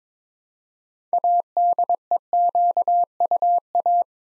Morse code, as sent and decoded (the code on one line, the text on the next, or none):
.- -.. . --.- ..- .-
ADEQUA